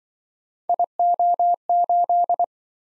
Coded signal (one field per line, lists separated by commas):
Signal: Morse code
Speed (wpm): 27 wpm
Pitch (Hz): 700 Hz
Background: none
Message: IO8